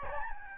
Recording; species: mosquito wingbeat signal from an infrared sensor; Aedes albopictus